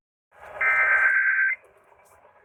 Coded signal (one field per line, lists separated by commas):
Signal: Emergency Alert System (SAME) tones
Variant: header bursts